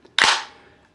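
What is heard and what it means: Pressing the bolt release on the side of a WE Tech M4 open-bolt gas blowback airsoft rifle frees the locked metal bolt from the bolt catch in the receiver. The bolt slams forward to its original position with a single sharp metallic clack at 0.2 s, which rings out and fades over about half a second. The bolt is released.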